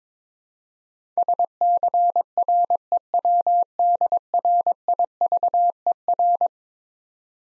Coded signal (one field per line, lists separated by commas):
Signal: Morse code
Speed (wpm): 23 wpm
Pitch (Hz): 700 Hz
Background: none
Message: SCREWDRIVER